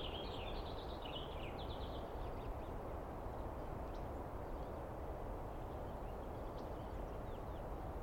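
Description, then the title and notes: Douglas squirrel giving a rapid, buzzy chattering burst of about two seconds at the start, over a steady low rumbling background. Squirrel screaming at length at dawn on 21 April 2017 in the East Cascades, recorded on microphones and recorder; identified by sound, not seen well. "On the morning of 21 April, 2017, I set up my microphones and recorder for a nice dawn recording in the East Cascades. I was started awake by a screaming Douglas Pine Squirrel."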